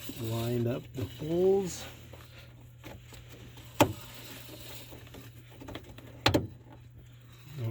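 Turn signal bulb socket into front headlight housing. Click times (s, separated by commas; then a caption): 3.8 s, 6.3 s. Someone talks while lining up the tabs of a plastic turn signal bulb socket with the notches in the front headlight housing of a 2nd-gen Toyota Sequoia/Tundra, then twists the socket home under a steady low hum. Two sharp, loud clicks ring out at 3.8 s and 6.3 s. The socket is seated, locked into the housing's two little notches.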